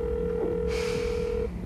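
A single long, steady telephone ringback tone at a mid pitch, heard through a phone held to the ear in a lift, holds for over a second, with a soft hiss of background noise rising partway through.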